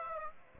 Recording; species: mosquito wingbeat signal from an infrared sensor; Aedes aegypti